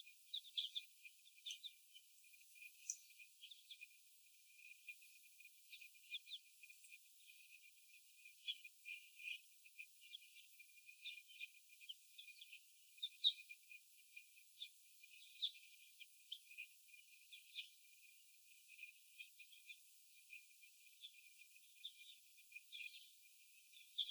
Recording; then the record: young laying hens in a cage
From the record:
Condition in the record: after the stressor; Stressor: sudden umbrella opening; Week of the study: 2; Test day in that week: 1